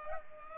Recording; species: mosquito wingbeat signal from an infrared sensor; Culex pipiens